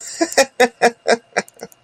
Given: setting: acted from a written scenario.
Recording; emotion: vocal sound without words; positive surprise